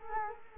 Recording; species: mosquito wingbeat signal from an infrared sensor; Culex quinquefasciatus